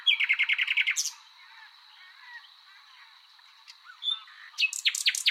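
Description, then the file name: Common nightingale song opening with a quick run of repeated bright notes, a pause with faint chirps, then another burst of sharp rapid notes. "Luscinia megarhynchos"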